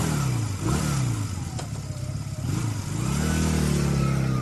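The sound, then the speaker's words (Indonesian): A motorcycle engine revs up and down as it is ridden home from a hotel to a boarding house, its low harmonic drone rising and dipping in pitch across several throttle swells, loud and continuous with no voices. “Aku pun pulang dari hotel tempatku PKL ke kosan, menaiki sepeda motor.”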